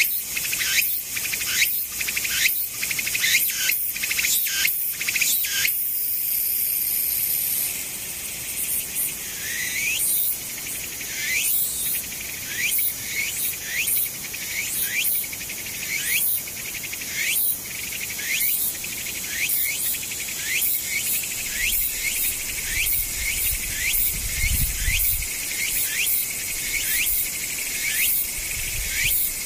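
A tsukutsukuboshi cicada shrills in a dense, high buzz broken into quick regular pulses about once a second, with a faint low rumble near the end.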